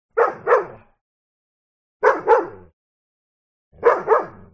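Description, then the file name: Dog barking in paired barks, two quick harsh woofs repeated three times about two seconds apart, with silence between. "smartsound ANIMAL DOG Bark Twice"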